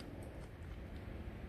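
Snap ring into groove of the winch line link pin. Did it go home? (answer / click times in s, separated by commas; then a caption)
no / none. Snap ring pliers hold a steel snap ring against the groove of the winch-line shackle link pin while it is lined up and pressed in. Only a steady low rumble and handling noise are heard, with no talk. Nothing has seated or clicked yet.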